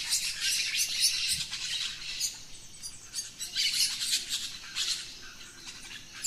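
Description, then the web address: Birds chattering in dense bursts of high chirps that rise and fall in waves. Dawn chorus of rainforest birds, Gran Sabana, Venezuela. "naturescapes Birds in the Rainforest Dawn Venezuela Gran Sabana"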